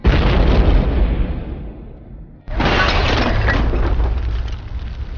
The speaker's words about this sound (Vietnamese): Sau cuồng phong tiếp tục đến sấm sét nổi lên, vọng đến một tràng những tiếng nổ đùng đoàng vang dội.